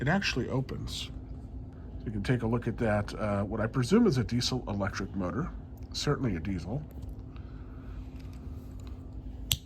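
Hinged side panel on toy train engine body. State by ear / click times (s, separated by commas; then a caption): seated / 9.5 s. Someone talks while handling the hinged side panel on the engine of a BRIO 36111 2025 Special Edition Dinosaur Train, a wooden/plastic wooden railway toy, with soft handling taps near the end. The opening side panel is pushed closed over the engine's motor and snaps shut with a sharp click at 9.5 s, seated back in place.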